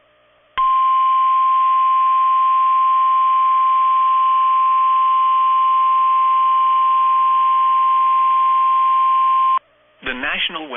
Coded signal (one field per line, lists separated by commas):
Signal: Emergency Alert System (SAME) tones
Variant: 1050 Hz attention tone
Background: speech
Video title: SVR On KIG86 2/27/23 (EAS #1526)